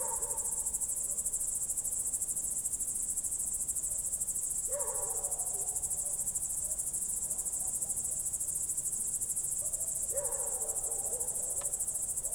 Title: Goworów 6, 57-515, Poland - World Listening Day/Night 18/07/2022-night crickets